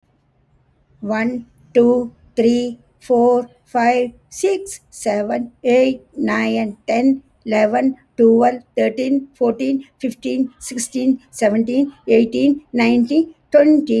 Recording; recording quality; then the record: counting at a normal pace; excellent, no background noise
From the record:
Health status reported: respiratory illness, not identified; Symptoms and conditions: asthma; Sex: female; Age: 69 years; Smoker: not ticked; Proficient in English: yes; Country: India